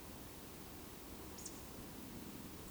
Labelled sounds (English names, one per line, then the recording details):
Eurasian Woodcock whistle
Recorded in Baden-Württemberg, Germany, on 28 May 2020 at 20:13 UTC
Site 31917, 145 m above sea level